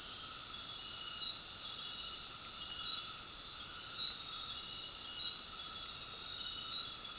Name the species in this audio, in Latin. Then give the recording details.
none. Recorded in dense forest near Puerto Asís, Putumayo, Colombia, on 19 February 2024 at 20:30. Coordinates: 0.466, -76.327. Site G6413